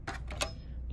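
The plastic front cover of a GermGuardian (Lasko) AirSafe+ AC3000B air purifier is pushed off its housing to reach the filter and UVC light. Two softer knocks come first, then a sharp pop at 0.4 s as the cover releases and comes off. No one talks.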